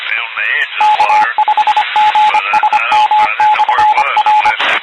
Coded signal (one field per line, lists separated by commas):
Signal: Morse code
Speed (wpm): 25 wpm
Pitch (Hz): 850 Hz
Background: speech, radio noise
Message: K5GSM/R